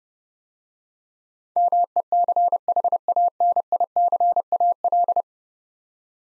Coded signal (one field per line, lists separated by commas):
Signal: Morse code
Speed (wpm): 32 wpm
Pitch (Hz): 700 Hz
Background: none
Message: MECHANICAL